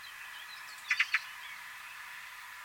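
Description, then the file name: Eurasian magpie giving harsh calls: three short, rasping notes in a quick burst near the middle, set against a steady background hiss. "Pica pica"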